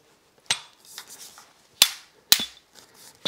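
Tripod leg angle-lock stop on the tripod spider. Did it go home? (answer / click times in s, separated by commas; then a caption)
yes / 0.5 s, 1.8 s, 2.3 s. The tripod legs are spread toward the ground-level position, and the leg angle-lock stops on the tripod spider click into place at 0.5, 1.8 and 2.3 seconds. Each click is a sharp, bright snap, with quieter rattles and taps in between. The stops seat in position.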